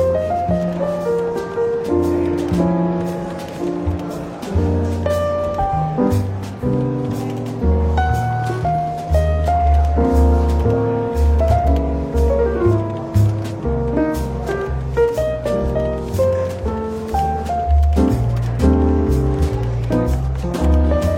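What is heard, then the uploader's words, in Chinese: Soft, relaxed jazz plays through a bookshop café, with a walking bass line low down, a mid-range melody moving in short phrases, and light percussion ticking at a steady pace. The level stays even throughout, with a faint murmur of voices beneath. 伦敦书店咖啡馆轻微喧闹氛围与柔和轻松的爵士背景音乐。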